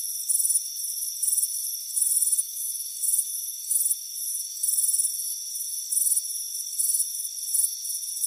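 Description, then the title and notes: Crickets give shrill pulsed chirps at an uneven pace, layered on a constant high insect hum. "Soothing Crickets Chirping Sound. It's a warm afternoon as you relax in a hammock on the front porch. Relax and fall asleep to the soothing sound of chirping crickets"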